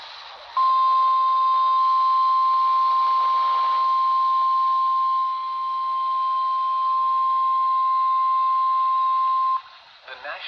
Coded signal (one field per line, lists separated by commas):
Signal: Emergency Alert System (SAME) tones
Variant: 1050 Hz attention tone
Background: speech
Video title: (EAS "#877") MRX Severe Thunderstorm Warning from WNG588 (Jefferson, NC) - 9/4/2025